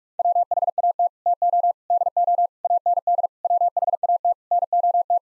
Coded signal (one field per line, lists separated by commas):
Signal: Morse code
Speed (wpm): 46 wpm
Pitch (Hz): 700 Hz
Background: none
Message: WHAT TO DO AND WHAT NOT